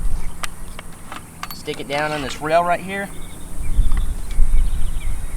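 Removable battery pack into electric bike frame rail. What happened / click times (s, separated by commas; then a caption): The battery pack is being positioned on its rail but has not latched yet / none. Someone talks while an e-bike's removable battery pack is handled and lowered toward its mounting rail in the frame under the seat, with a few light knocks and rustles around the speech. Nothing has seated or clicked into place yet.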